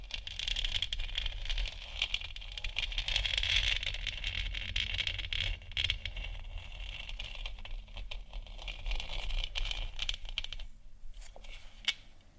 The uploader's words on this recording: ASMR Moon Scratching & Tapping For Sleep（No Talking）.